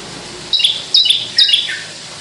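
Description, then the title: Javan bush lark giving three short high notes with slurred whistled tails in quick succession. Song given in skyward song flight, locally called sundul langit. "Branjangan Sundul Langit"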